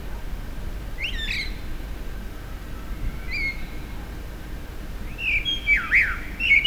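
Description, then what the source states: Common blackbird giving short whistled notes, a pause, then a fuller warbling phrase that swoops down and up near the end, over faint low background noise. Recorded at a petrol station in April 2021.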